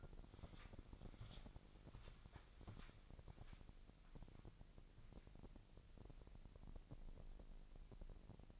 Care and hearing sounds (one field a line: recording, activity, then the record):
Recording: daily activity, microphone in the room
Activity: walk to room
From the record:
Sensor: 5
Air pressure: 1002.1 hPa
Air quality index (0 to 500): 249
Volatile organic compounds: 8 ppm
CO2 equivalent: 2099 ppm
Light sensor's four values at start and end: 25/58/24/26 and 25/59/24/26